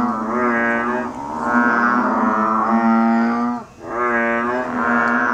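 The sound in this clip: Banded bullfrog calling: droning, moo-like notes rich in harmonics, following almost without pause, with a brief gap.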